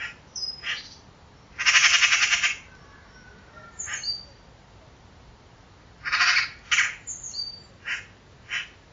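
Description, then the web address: Bird making a series of hoarse, buzzy squawks of varying length, one long and grating, with fainter thin chirps and short notes between them. Call class labelled "Pi Pi Pi Pi" in a 2025 bird-only dataset. "Bird Only More Classes Pi Pi Pi Pi"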